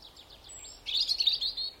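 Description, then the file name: European robin song phrase: faint thin high notes, then a brighter, rapidly warbled high-pitched run lasting under a second. "Erithacus rubecula"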